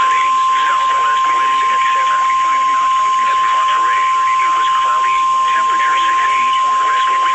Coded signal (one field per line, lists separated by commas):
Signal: Emergency Alert System (SAME) tones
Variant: 1050 Hz attention tone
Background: speech